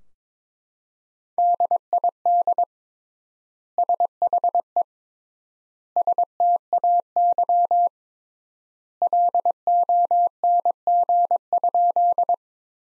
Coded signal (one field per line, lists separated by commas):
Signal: Morse code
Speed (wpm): 22 wpm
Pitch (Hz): 700 Hz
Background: none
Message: DID SHE STAY LONG?